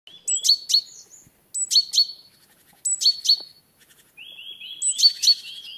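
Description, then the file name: Great tit giving quick bright chirped notes in short bursts, then a thin lower trilling series near the end. "Parus major"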